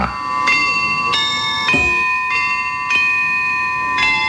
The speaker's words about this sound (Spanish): Este monasterio, que es del siglo X, guarda a la patrona de La Rioja. Está sonando un carillón compuesto por 8 campanas. Lo que suena es el himno de la Virgen de la Valvanera.